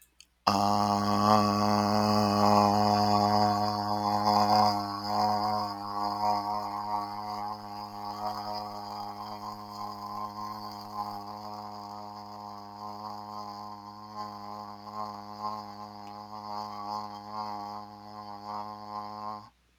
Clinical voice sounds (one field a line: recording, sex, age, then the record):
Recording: vowel held as long as possible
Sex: male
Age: 30 to 39 years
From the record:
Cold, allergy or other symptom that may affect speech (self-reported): no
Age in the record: 37 years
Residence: Florida, United States